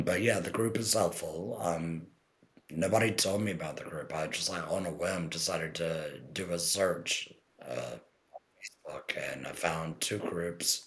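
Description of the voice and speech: Low-pitched, rough, slightly creaky connected speech from an adult man: a tracheoesophageal voice after a laryngectomy approximately 10 months earlier.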